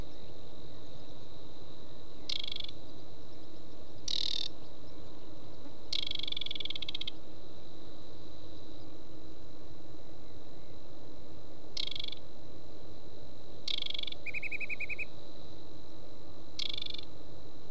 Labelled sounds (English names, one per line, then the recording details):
Aquatic Warbler song
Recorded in the wild
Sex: male
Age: adult
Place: Schwedt, Unteres Odertal, Brandenburg, DE
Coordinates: 53.05, 14.3
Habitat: wet meadow
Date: 2024-06-16 21:25
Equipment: Wildlife Acoustics SM4
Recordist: Frommolt, Karl-Heinz
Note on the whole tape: Song of a aquatic warbler. Same bird